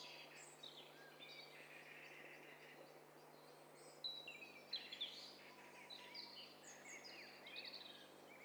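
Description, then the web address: Birds singing together in a dense chorus of overlapping high chirps, trills and whistles over a steady background hiss. Many birds singing at once; hi-fi stereo recording. "Hi Fi STEREO BIRD COCKTAIL PARTY Challenge"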